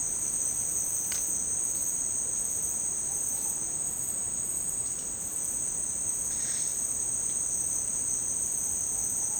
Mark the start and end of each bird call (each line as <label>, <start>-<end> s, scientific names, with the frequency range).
Patagioenas subvinacea (0.2-1.5 kHz), 2.95-3.91 s
Patagioenas subvinacea (0.2-1.6 kHz), 8.51-9.40 s